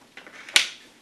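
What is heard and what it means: A second plastic car seat adapter is pressed into the other side mount of a Britax B-Agile Double Stroller frame. After faint handling ticks around 0.2 s and 0.3 s, a sharp, loud click at 0.6 s marks the adapter snapping in, and then it fades to quiet. The adapter is seated in the frame.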